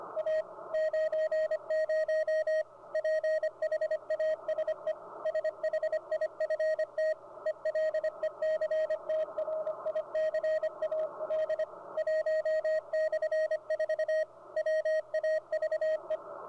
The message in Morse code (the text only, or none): A 90 PHASE SHIFT ELECTRICAL 1/4 WAVE